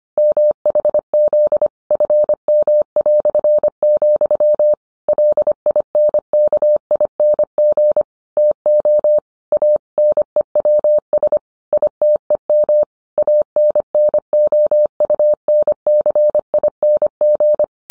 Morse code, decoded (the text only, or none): MHZ FM", LINKING TO A NEWS ITEM ANNOUNCING